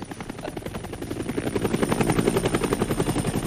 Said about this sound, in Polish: Z miejsca startu zawsze startował pierwszy śmigłowiec papieski.